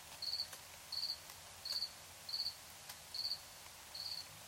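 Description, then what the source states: Cricket chirps, six short high trills spaced about three-quarters of a second apart, with faint clicks and hiss between. Crickets chirping at night in Tiny, Ontario.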